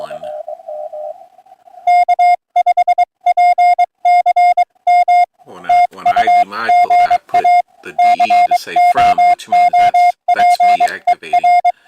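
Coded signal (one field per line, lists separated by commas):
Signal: Morse code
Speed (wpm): 22 wpm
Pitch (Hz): 710 Hz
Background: speech, music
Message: K5PCM TU GA COOPER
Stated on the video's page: Parks on the Air (POTA) hunting, Sunday morning.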